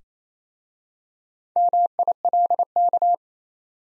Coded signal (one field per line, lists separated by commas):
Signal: Morse code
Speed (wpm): 28 wpm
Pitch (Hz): 700 Hz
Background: none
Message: MILK